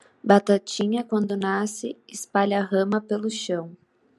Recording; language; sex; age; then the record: short text; Brazilian Portuguese; female; 20 to 29 years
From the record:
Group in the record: control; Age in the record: 22 years